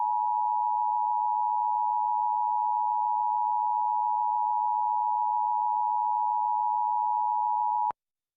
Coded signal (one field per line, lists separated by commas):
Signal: Emergency Alert System (SAME) tones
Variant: 853 and 960 Hz attention tone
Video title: EAS National Periodic Test During Elinor Wonders Why (10-4-23 WHUT-DT1)